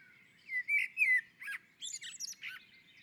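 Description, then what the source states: Common blackbird song phrase: mellow whistled notes sliding downward, followed by a burst of thin, high, scratchy twittering. On a roof.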